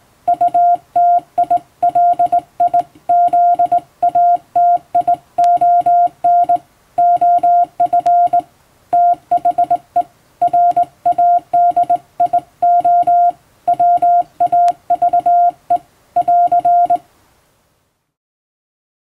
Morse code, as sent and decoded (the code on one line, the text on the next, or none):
..- - .. .-.. .. --.. .- - .. --- -. / --- ..-. / - .... . / .-. .- -.. .. --- / .-- .- ...- . / .-.-.
UTILIZATION OF THE RADIO WAVE <AR>